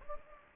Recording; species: mosquito wingbeat signal from an infrared sensor; Anopheles gambiae